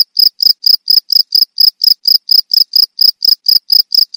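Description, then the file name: Field cricket producing brief, shrill pulsed chirps in an even rhythm. Cricket of rice fields. "jangkrik sawah"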